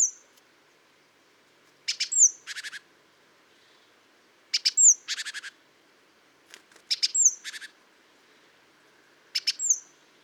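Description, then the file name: Great tit calling in repeated bursts about every two and a half seconds, each made of rasping buzzy notes mixed with a high, thin, falling whistle. "Parus major"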